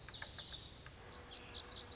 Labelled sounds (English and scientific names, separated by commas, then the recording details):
Lazuli Bunting (Passerina amoena)
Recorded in Sonoma County, California